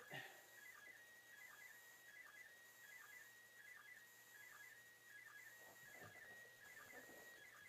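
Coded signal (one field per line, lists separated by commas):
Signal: SSTV (slow-scan television)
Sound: steady whistling tone with regular quick warbling dips, under hiss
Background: radio static, low hum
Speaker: Still nice strong signal.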